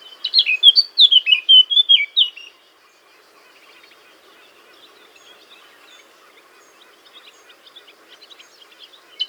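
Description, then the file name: Eurasian blackcap giving a quick burst of rich, fluty warbling phrases for about two and a half seconds, then near silence with a faint, soft twittering later. "Sylvia atricapilla"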